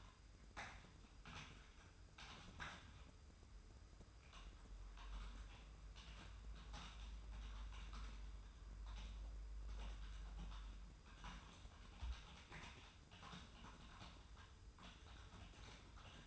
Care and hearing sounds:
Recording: daily activity, microphone in the room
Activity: typing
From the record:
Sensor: 2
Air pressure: 990.8 hPa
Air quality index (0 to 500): 144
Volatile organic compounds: 297 ppm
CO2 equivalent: 4474 ppm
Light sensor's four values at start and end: 27/69/27/28 and 27/68/27/28

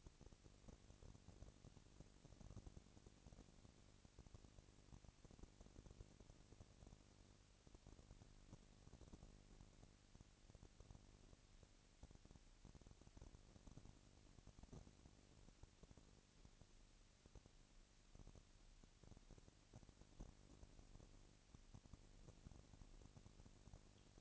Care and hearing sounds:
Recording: daily activity, microphone in the room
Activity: no activity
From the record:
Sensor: 4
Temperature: 22.3 degrees Celsius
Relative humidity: 31.9%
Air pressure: 997.9 hPa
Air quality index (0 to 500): 203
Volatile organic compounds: 17 ppm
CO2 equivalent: 2572 ppm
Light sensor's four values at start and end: 2/3/1/1 and 2/3/1/1

